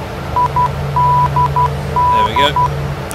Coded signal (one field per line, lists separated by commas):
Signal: Morse code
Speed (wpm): 12 wpm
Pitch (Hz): 990 Hz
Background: none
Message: IDD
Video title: Part 4: FSX East Midlands to Jersey